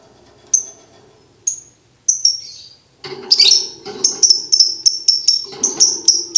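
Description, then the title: Lovebird chirping song, high piercing chirps spaced out at first, then a quicker repeated series over a low hum. Masteran training recording made for birds to learn ngekek. "MASTERAN BURUNG 2. Belajar Ngekek"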